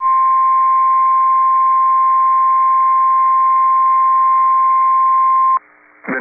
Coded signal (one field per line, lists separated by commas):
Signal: Emergency Alert System (SAME) tones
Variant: 1050 Hz attention tone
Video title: Severe Thunderstorm Warning (EAS #832)